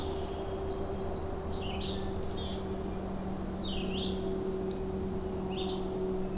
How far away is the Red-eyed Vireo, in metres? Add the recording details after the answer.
about 35 m. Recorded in boreal forest in Alberta, Canada, on 26 May 2016 at 07:07. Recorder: SongMeter 3, array SBT-3-15. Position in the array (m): 111 m, 190 m